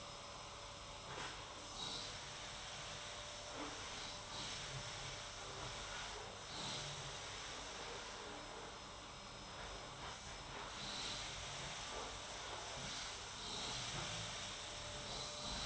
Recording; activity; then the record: daily activity, microphone in the room; vacuum cleaning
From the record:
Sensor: 3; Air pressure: 991.8 hPa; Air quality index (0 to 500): 196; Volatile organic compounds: 1000 ppm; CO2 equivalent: 6627 ppm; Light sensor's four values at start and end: 32/95/38/33 and 32/95/39/33